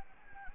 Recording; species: mosquito wingbeat signal from an infrared sensor; Anopheles gambiae